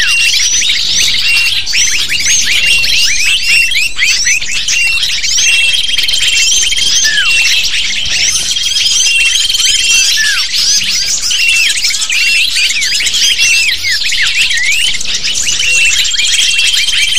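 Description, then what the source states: Lovebirds chattering as a flock, a dense nonstop stream of high squeaky chirps and twitters overlapping throughout, with a few thin steady whistled tones running above. Used to lure lovebirds.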